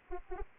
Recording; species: mosquito wingbeat signal from an infrared sensor; Anopheles arabiensis